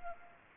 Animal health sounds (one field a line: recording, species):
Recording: mosquito wingbeat signal from an infrared sensor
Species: Culex pipiens